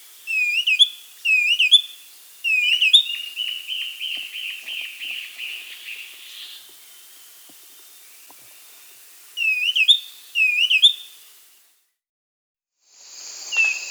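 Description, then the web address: Black-capped becard calls: short clear whistled notes with upward flicks, given in quick pairs, then a trilled run and a pause before a few more notes. Recorded in South America. "Natures Songs S America Black-capped Becard"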